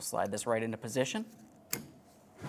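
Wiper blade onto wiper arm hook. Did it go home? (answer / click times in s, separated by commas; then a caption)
yes / 1.7 s. Someone talks while sliding the second front wiper blade onto the hook-style wiper arm of a 2000-2006 Chevrolet Tahoe. A single sharp click at 1.7 s marks the adapter snapping in, and the blade is seated and locked onto the arm.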